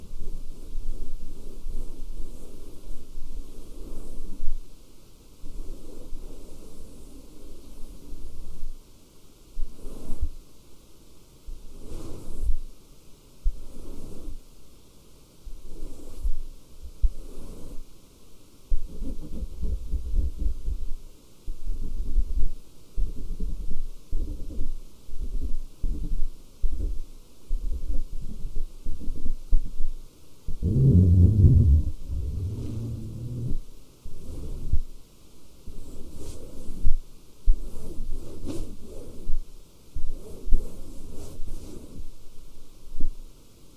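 Fabric being scratched and rubbed in short, irregular bursts, mostly low and muffled with soft rustling edges. The strokes come every second or so, with a denser, heavier stretch around the half-minute mark. No voices are heard.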